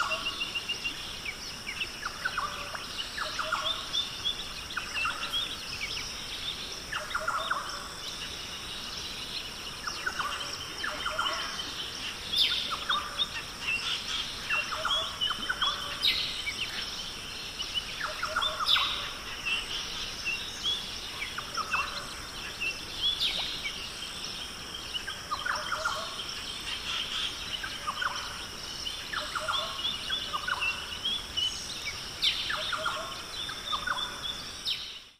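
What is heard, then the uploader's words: Nature sounds: a steady outdoor bed with a high, thin insect-like hiss running throughout. Short bird calls repeat every couple of seconds across the whole stretch, mid-pitched chirps with brighter flicks above, moderately close. Nothing else stands out. Relaxing Nature Sounds.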